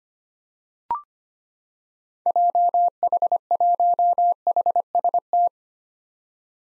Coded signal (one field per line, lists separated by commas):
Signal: Morse code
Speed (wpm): 25 wpm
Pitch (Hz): 700 Hz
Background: none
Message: JH1HST